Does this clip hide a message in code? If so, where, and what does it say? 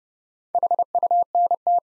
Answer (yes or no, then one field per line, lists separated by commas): yes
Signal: Morse code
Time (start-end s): 0.5-1.8 s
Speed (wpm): 30 wpm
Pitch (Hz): 700 Hz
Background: none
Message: HUNT